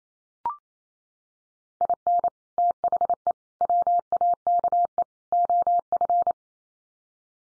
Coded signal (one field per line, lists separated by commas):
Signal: Morse code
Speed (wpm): 28 wpm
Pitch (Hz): 700 Hz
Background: none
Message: IN THE WAKE OF